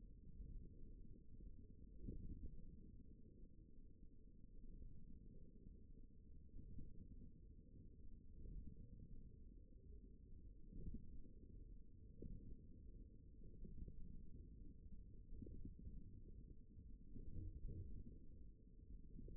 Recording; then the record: forearm muscle sounds (acoustic myography)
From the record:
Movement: ulnar deviation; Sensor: system 1, eight BSWA MPA416 microphones around the upper forearm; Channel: 1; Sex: male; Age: 54 years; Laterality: right